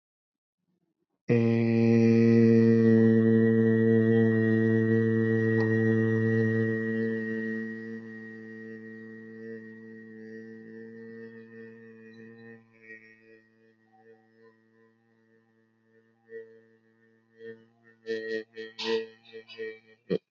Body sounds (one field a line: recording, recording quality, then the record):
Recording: sustained vowel as in made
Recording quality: excellent, no background noise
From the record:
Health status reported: healthy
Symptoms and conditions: none ticked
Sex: male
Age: 32 years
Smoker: not ticked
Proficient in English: yes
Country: India